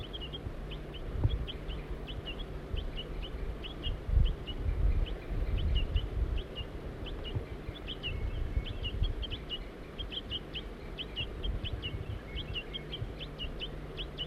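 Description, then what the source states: Crossbill calls, short clear high notes repeated rapidly and steadily throughout, over a low rumbling background. Juvenile recorded while one adult gives toop calls from a nearby tree; family of four in Virginia and Table Mountain pines.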